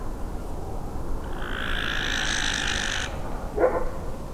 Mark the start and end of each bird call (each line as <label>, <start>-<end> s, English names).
Western Barn Owl, 1.34-3.18 s